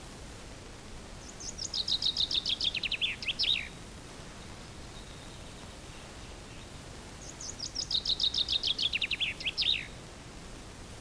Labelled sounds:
Common Chaffinch (Fringilla coelebs) song
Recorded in the wild
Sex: male
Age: adult
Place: Altenbeken, Eggegebirge, Nordrhein-Westfalen, DE
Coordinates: 51.7833, 8.96667
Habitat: mountain ridge
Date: 1966-06-17
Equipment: Uher 4000 Report-S, Bändchenmikro Beyer M 260, Parabolspiegel Polyester (470 mm)
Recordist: Conrads, Klaus

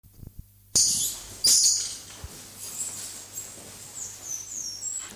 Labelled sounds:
Brown-mantled Tamarin (Saguinus fuscicollis)
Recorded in captivity
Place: Zoo Halle, Sachsen-Anhalt, DE
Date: 2004-12-15 11:52
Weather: sonnig, 2°C
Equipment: Sony WM-D6C, Sennheiser ME 80, Kopie Uher 4000 Report Monitor
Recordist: Tembrock, Günter
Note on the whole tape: Kurzlaute

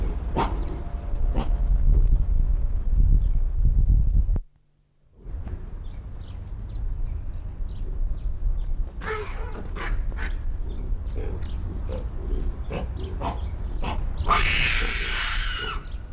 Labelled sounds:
Hamadryas Baboon (Papio hamadryas)
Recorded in captivity
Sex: male
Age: adult
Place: Zoo Berlin, Berlin, DE
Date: 1994-03-05 13:11
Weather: heiter, 4°C, Windböen
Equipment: Marantz CP 430, Sennheiser ME 80, Kopie Uher Variocord 263
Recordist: Tembrock, Günter

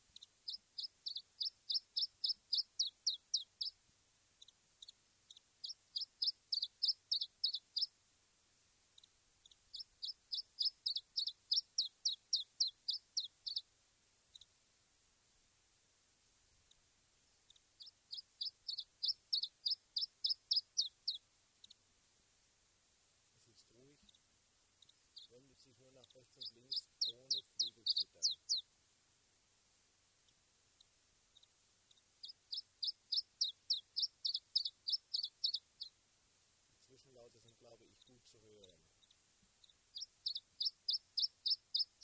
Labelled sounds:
Iberian Chiffchaff (Phylloscopus ibericus)
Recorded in the wild
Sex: diverse
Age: adult
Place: Ramales de la Victoria, Nordspanien, Kantabrien, ES
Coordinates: 43.25, -3.46667
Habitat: shrubbery
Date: 1964-05-04 16:50
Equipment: Nagra III PH, LGS26
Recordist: Sapper and Schneider, H.-J
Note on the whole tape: Phylloscopus collybita brehmii (alte Bezeichnung, inzwischen eigene Art). Rivalengesänge; "it"-Laute. Lock- bzw. Warnrufe

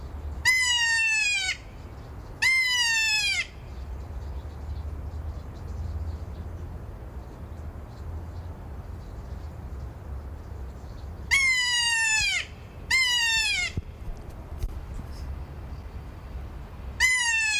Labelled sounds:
Kea (Nestor notabilis)
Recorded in captivity
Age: adult
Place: Zoo Berlin, Berlin, DE
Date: 1997-10-03 19:25
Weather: heiter, 11°C
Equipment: Sony MD-WM MZ-R3, Sennheiser ME 80, Kopie Uher 4000 Report Monitor
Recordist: Tembrock, Günter

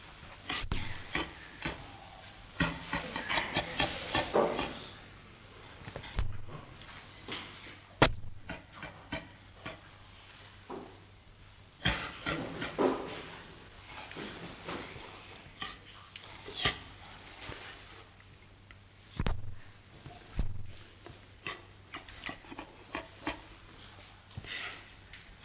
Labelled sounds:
Western Gorilla (Gorilla gorilla) call
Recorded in captivity
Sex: female
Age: adult
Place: Zoo Rostock, Mecklenburg-Vorpommern, DE
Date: 1984-02-03 10:39
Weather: overcast, 3-6°C
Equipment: Nagra SN, Kopie Uher 4000 Report Monitor
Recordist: Tembrock, Günter
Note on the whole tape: Weibchen: rhythmische Laute "Lachen" bei Körperkontakt mit vertrauter Person

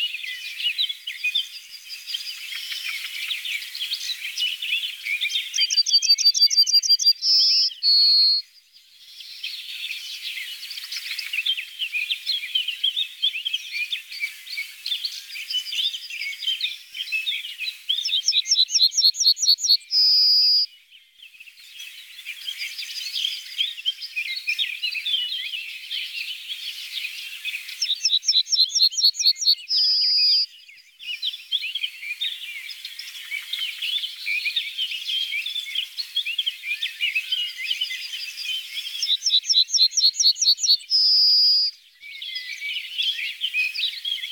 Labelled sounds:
Yellowhammer (Emberiza citrinella) song
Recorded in the wild
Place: Oberrotweil am Kaiserstuhl, Baden-Württemberg, DE
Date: 1988-06-18
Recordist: Schwarz, Dieter
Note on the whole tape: Song

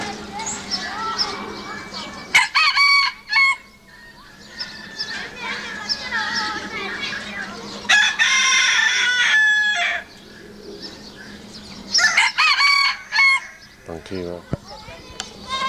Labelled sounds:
Red Junglefowl (Gallus gallus)
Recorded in captivity
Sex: male
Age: adult
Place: Zoo Berlin, Berlin, DE
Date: 1986-05-02
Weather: sonnig, 12°C
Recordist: Tembrock, Günter

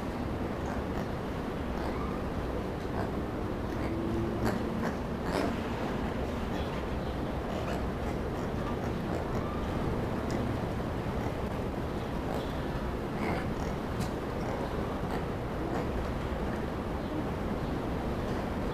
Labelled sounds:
Black-and-white Ruffed Lemur (Varecia variegata)
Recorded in captivity
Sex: pair
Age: adult
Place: Zoo Berlin, Berlin, DE
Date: 1995-08-05 19:55
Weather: heiter, 25°C
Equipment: Nagra SN, Sennheiser ME 80, Kopie Uher 4000 Report Monitor
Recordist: Tembrock, Günter

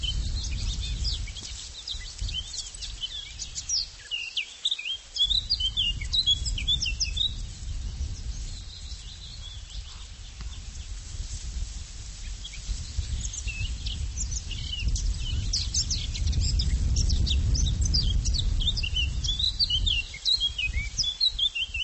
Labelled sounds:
Eurasian Blackcap (Sylvia atricapilla) song
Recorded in the wild
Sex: male
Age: adult
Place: Linum, Brandenburg, DE
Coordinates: 52.765, 12.87
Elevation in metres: 35
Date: 1999-04-25 16:34
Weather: fair to cloudy, ca. 17°C
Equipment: Sony MD-WM MZ-R3, Sennheiser MKH 416 T, Kopie Uher 4000 Report Monitor
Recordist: Tembrock, Günter

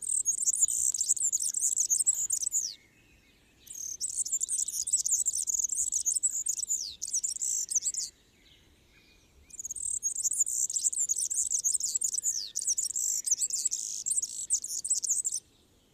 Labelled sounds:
Marsh Warbler (Acrocephalus palustris) song
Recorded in the wild
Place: Kaiserslautern, Rheinland-Pfalz, DE
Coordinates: 49.4806, 7.71167
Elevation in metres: 231
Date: 1973-06-12
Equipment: Nagra IV, Sennheiser MKH 405, Parabolreflektor
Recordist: Tretzel, Erwin

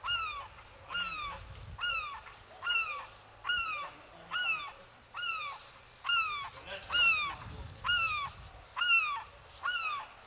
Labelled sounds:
European Herring Gull (Larus argentatus)
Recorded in the wild
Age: adult
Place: Bansin, Insel Usedom, Mecklenburg-Vorpommern, DE
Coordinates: 53.9603, 14.1317
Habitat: lake
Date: 1983-09-23 18:08
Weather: sunny, gusty winds
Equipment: Nagra SN, Sennheiser MKH 416 T, Kopie Uher 4000 Report Monitor
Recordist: Tembrock, Günter

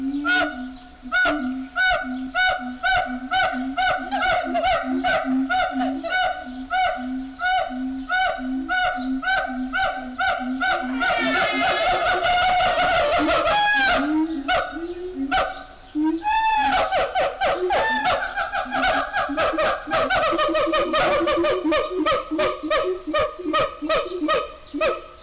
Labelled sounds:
Siamang (Symphalangus syndactylus)
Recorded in captivity
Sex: diverse
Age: diverse
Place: Zoo Berlin, Berlin, DE
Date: 1998-06-20
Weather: wolkig - heiter, 18°C
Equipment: Sony MD-WM MZ-R3, Sennheiser ME 80, Kopie Uher 4000 Report Monitor
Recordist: Tembrock, Günter

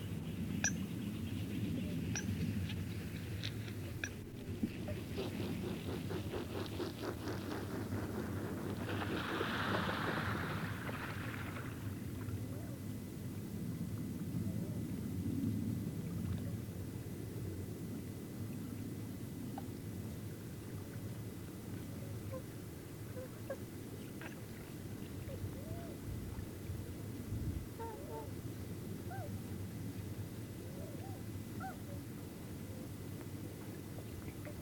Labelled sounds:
Tundra Swan (Cygnus columbianus) call
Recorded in the wild
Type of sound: call
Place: Schwerin, Lewitz, Mecklenburg-Vorpommern, DE
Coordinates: 53.636, 11.401
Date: 1975-03-14 19:45
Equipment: Nagra III BH, Sennheiser MD 21, parabola
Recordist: Schubert, Michael
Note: Einfall von Zwergschwänen

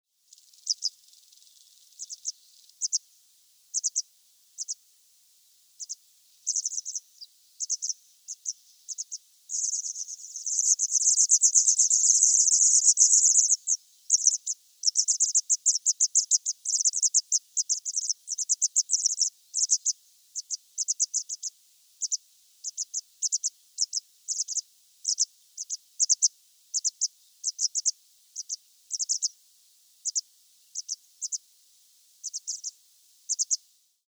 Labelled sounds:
White Wagtail (Motacilla alba)
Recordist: Tembrock, Günter
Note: Bachstelzen am Nest an einem Felshang

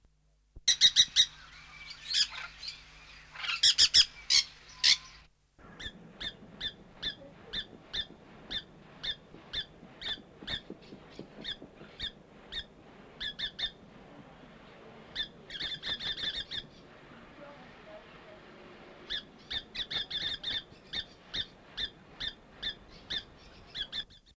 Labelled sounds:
Painted Parakeet (Pyrrhura picta) call
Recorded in captivity
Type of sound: call
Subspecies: picta
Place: Vogelpark Walsrode, Niedersachsen, DE
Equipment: Halbspur, 9,5 cm/s
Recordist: Lütgens, Hans
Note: Rufe

